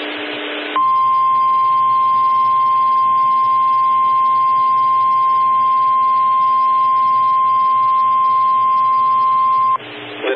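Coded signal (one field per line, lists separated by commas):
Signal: Emergency Alert System (SAME) tones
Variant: 1050 Hz attention tone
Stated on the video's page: SAME tones from NOAA Weather Radio and TV relays of severe thunderstorm and special marine warnings, some from online streams, one received on a Reecom R-1630 weather radio.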